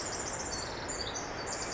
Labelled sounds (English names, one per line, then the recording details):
Pacific Wren
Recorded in Sonoma County, California